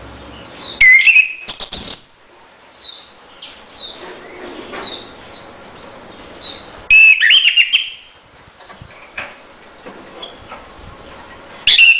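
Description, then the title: Orange-headed thrush delivering vigorous whistled phrases roughly every five to six seconds, between which faint high chirping from other birds continues. Song to lure or stimulate a silent orange-headed thrush into singing. "Anis Merah Macet.. Pancing Dengan Suara Ini.. # Anis Merah"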